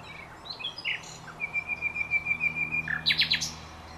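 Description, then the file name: Common nightingale song: a few soft high notes, then a long, even, rapid run of repeated piping notes, ending in loud, steep, downward-swept whistles. "Luscinia megarhynchos"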